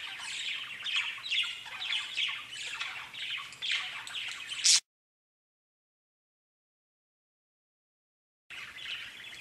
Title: Budgie Sounds